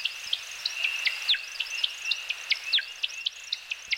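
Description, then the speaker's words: American woodcock descent chirping: many sharp high chirps dropping in pitch, repeated irregularly over a steady high twittering background. Male in courtship flight at sunset, northern Midwest forest; circles at apex then descends in a slow spiral, putt-putting like a tiny car running out of gas; displays dawn and dusk for more than two months each spring. "the woodcock circles, then descends in a slow spiral, putt-putting like a tiny car about to run out of gas."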